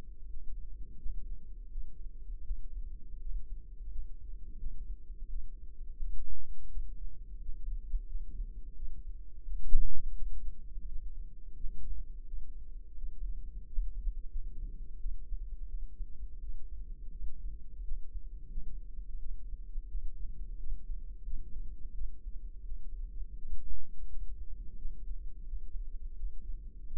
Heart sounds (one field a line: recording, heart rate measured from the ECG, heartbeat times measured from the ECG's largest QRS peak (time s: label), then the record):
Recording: heart sounds by microphone in the left ear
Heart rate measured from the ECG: 86 bpm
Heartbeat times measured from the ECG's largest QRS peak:
0.27 s: heartbeat
0.97 s: heartbeat
1.70 s: heartbeat
2.43 s: heartbeat
3.18 s: heartbeat
3.89 s: heartbeat
4.57 s: heartbeat
5.27 s: heartbeat
5.97 s: heartbeat
6.69 s: heartbeat
7.39 s: heartbeat
8.05 s: heartbeat
8.74 s: heartbeat
9.43 s: heartbeat
10.14 s: heartbeat
10.86 s: heartbeat
11.55 s: heartbeat
12.25 s: heartbeat
12.95 s: heartbeat
13.64 s: heartbeat
14.29 s: heartbeat
14.97 s: heartbeat
15.66 s: heartbeat
16.38 s: heartbeat
17.11 s: heartbeat
17.81 s: heartbeat
18.49 s: heartbeat
19.18 s: heartbeat
19.86 s: heartbeat
20.57 s: heartbeat
21.24 s: heartbeat
21.93 s: heartbeat
22.63 s: heartbeat
23.36 s: heartbeat
24.07 s: heartbeat
24.76 s: heartbeat
25.45 s: heartbeat
26.15 s: heartbeat
26.85 s: heartbeat
From the record:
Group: healthy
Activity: rest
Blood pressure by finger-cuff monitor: 115/66 mmHg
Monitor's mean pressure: 82 mmHg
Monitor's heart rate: 86 bpm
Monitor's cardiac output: 7.3 L/min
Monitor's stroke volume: 86 mL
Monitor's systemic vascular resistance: 820 dyn s/cm5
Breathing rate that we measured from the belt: 18 breaths a minute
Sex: female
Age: 26 years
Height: 165 cm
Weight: 55 kg